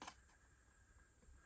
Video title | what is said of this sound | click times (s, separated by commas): Star Wars x wing 1:18 scale from deagnostini issue 38.#starwars#starwarsfan#xwing#deagostini #foryou | Do you hear that click? | 0.0 s